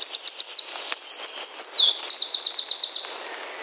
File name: Troglodytes troglodytes